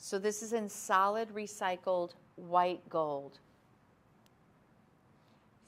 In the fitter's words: snap it into place boom oo so I like that it's not too big this is very